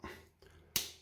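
A Northwoods Fremont Jack slip joint pocket knife with giraffe bone handles has its blade opened to the half stop, and the blade snaps into place under spring tension. A softer sound comes at about 0.5 s, then a sharp, bright snap at 0.8 s as the blade seats firmly in the half stop with a really positive spring.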